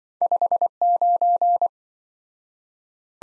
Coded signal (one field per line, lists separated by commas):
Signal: Morse code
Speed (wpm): 26 wpm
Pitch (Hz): 700 Hz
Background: none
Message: 59